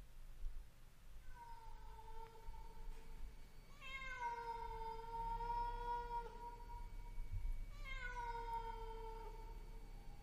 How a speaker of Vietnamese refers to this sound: Đêm càng về khuya, tôi mơ mơ màng màng thì đâu đó, văng vẳng trong không gian, có tiếng con mèo kêu lên, nghe thê thiết.